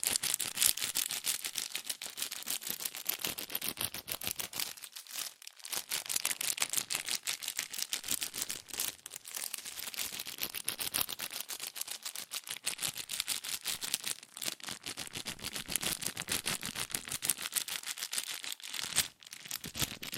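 Fast tapping, scratching and tracing on cardboard and paper, a dense run of crisp, bright clicks and scrapes with almost no gaps. The rhythm stays quick and busy throughout, easing briefly around five and nineteen seconds before resuming.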